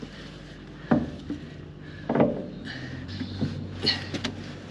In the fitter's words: hear the click